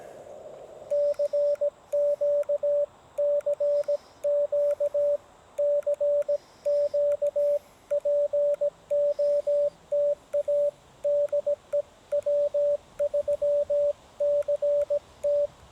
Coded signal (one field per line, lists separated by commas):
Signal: Morse code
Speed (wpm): 17 wpm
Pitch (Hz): 580 Hz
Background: radio noise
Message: CQ CQ CQ POTA DE W3CT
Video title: How to Easily and Quickly Deploy A Field Antenna for Ham Radio